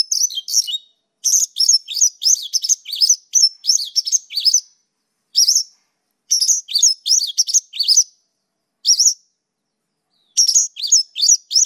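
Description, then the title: Bird song: lively high-pitched twittering phrases of rapid chirps and short slurred whistles, repeated with brief pauses between them. "SuaraBurung Kicau"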